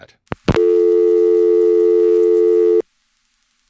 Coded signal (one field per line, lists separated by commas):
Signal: telephone call progress tone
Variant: North America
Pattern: dial tone